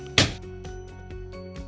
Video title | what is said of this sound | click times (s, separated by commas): AED Brands - How to replace Philips OnSite AED pads and battery | your new battery pop it in until you hear it click | 0.2 s